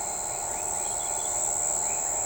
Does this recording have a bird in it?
no